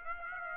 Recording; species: mosquito wingbeat signal from an infrared sensor; Aedes aegypti